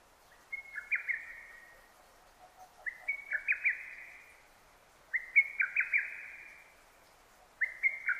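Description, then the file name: Lesser cuckoo song: a quick, loud phrase of five or six sharp whistled notes that tumble in pitch, repeated a little over every two seconds. Recorded 6 June 2009. "hototogisu-20090606"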